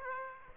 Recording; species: mosquito wingbeat signal from an infrared sensor; Aedes aegypti